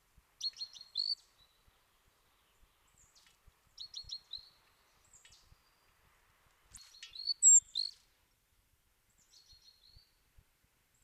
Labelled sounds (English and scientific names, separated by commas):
Great Tit (Parus major) call